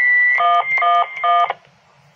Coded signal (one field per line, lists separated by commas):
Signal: DTMF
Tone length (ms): 220 ms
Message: 111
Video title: dtmf remote testing